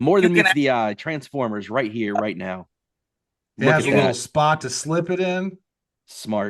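Someone talks while handling a removable piece of the bed-extension (midgate) setup on a GMC Sierra EV pickup truck, bringing it toward its dedicated storage slot, where it is meant to click in so it does not get damaged. Only speech is heard, with pauses between phrases, and the part has not seated or clicked yet when the clip ends.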